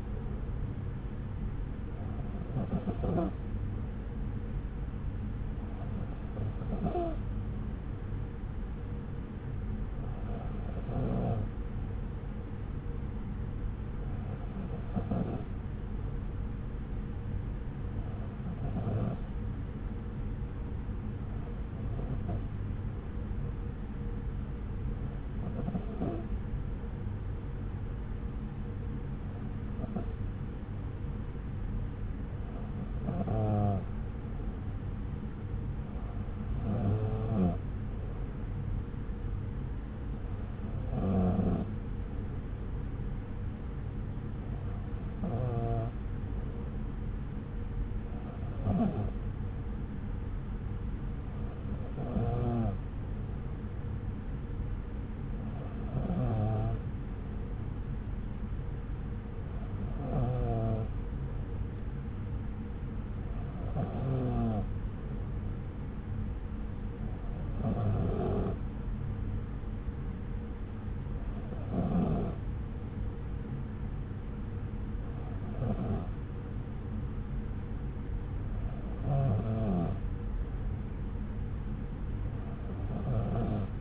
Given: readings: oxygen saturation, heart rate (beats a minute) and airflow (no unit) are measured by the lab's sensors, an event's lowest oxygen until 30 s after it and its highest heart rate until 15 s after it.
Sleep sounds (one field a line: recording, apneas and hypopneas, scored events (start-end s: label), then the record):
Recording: breathing in sleep by a smartphone at the bedside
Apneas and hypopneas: none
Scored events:
none scored
From the record:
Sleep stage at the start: N2 (light sleep)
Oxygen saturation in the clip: 92 to 93%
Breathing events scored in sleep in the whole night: 303 in 8.1 hours asleep